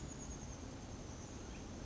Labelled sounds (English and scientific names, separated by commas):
Chestnut-backed Chickadee (Poecile rufescens)